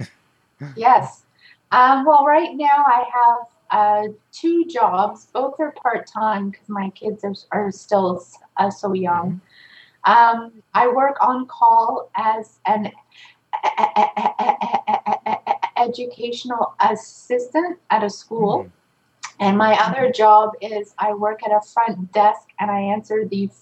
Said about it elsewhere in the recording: Learning to accept myself as a person who stutters and to not hide.